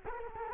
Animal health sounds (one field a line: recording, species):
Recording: mosquito wingbeat signal from an infrared sensor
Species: Culex quinquefasciatus